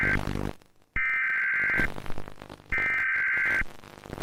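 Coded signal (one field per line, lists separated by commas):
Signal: Emergency Alert System (SAME) tones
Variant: header bursts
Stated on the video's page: EAS parody, not a real alert.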